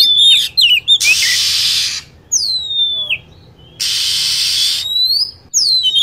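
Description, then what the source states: Lovebird calls with sharp, sweeping squeaks and high chirps, interrupted twice by long blocks of rough, continuous shrill chatter. Lure sound used to attract lovebirds.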